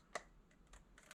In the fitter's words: You hear a little click. That means it's sealed.